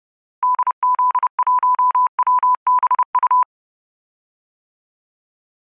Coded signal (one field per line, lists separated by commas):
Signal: Morse code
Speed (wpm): 30 wpm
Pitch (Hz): 1000 Hz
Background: none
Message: DZ1WBU